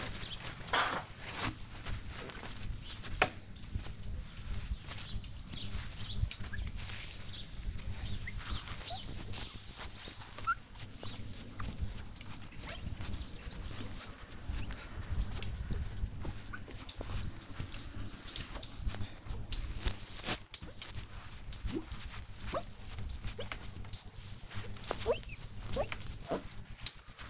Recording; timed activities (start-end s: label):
household activities, microphone on the right wrist
0.00-27.30 s: window cleaning